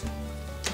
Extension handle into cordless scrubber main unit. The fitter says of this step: it up and then you listen for that click and that's good see